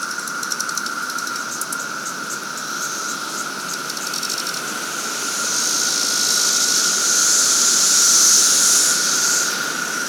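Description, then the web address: Periodical cicada chorus: a continuous buzzing drone at a fixed pitch, with faint rapid pulsing early on and a loud hissing surge near the end. 17-year cicadas recorded in a capital city in 2024. "The Psychologically Ultimate 220 Year Cicada Bloom. 17 Year Capital City Cicadas"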